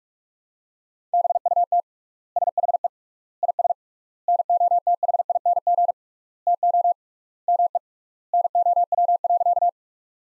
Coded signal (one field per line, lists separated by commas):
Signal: Morse code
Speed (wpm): 46 wpm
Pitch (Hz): 700 Hz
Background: none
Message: BUT SHE IS NOTHING TO ME NOW.